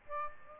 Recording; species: mosquito wingbeat signal from an infrared sensor; Aedes aegypti